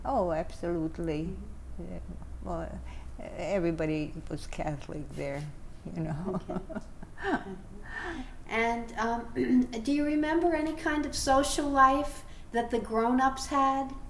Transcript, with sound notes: Oh, absolutely. Everybody was Catholic there, you know. [Giggles]
And do you remember any kind of social life that the grownups had?